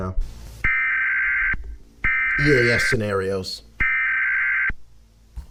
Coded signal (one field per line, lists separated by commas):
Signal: Emergency Alert System (SAME) tones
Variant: header bursts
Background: speech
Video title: Emergency Alert System Analog Horror Videos Are Weird